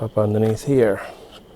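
A SATA data cable connector is handled as it is brought toward the SATA port under the motherboard while someone talks. The connector has not seated or clicked into the port yet.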